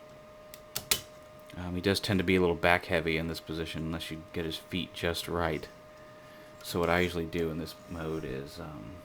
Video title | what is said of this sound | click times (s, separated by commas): Botcon 2007 "Games of Deception" Dreadwind | snaps right into place here. | 0.8 s, 0.9 s